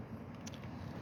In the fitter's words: and that just pulls out and then pushes back in and clicks into place